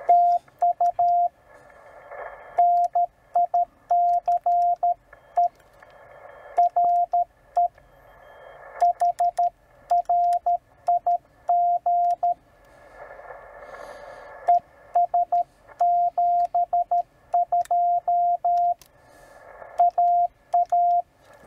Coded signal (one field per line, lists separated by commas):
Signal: Morse code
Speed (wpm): 13 wpm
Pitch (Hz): 700 Hz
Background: radio noise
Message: TU NICE RE HRIG ES 72 AA